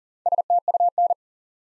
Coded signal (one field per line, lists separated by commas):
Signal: Morse code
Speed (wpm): 39 wpm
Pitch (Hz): 700 Hz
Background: none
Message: STUN